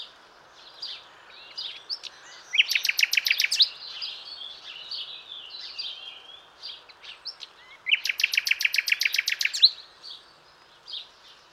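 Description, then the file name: Common nightingale song with two loud, fast rattling bursts of repeated clicks about five seconds apart, between varied warbled phrases. "Luscinia megarhynchos"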